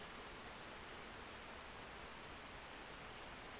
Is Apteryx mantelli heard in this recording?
no